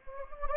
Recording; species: mosquito wingbeat signal from an infrared sensor; Anopheles gambiae